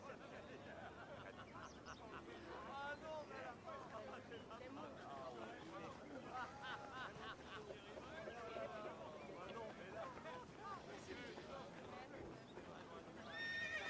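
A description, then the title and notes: A quiet medieval town scene with a steady murmur of overlapping voices, like people chatting at a distance. A horse and cart seem to pass with faint clopping and a brief whinny, and a thin high tone rises near the end. Quiet medieval town | distance music/chatter/horse cart.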